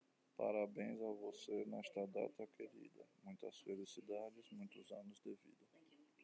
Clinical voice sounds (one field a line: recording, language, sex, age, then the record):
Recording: short text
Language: Brazilian Portuguese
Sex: male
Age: 20 to 29 years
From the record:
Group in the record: control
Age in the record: 29 years